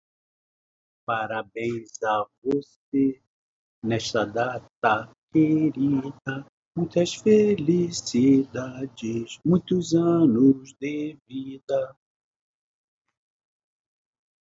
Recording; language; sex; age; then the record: short text; Brazilian Portuguese; male; 50 to 59 years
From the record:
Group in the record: control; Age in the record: 56 years